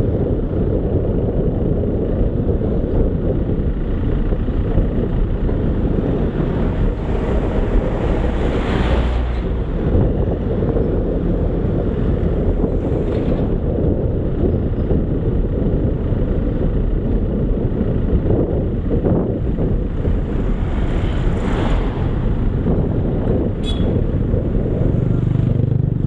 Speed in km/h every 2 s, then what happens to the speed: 27, 24, 24, 23, 25, 26, 27, 26, 25, 20, 21, 20, 21.
0-26 steady at about 24.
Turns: none.